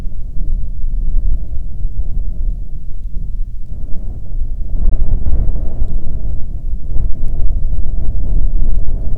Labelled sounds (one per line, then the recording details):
wind
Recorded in the Prudhoe Bay oil fields, Alaska, on 5 June 2019 at 00:03
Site 13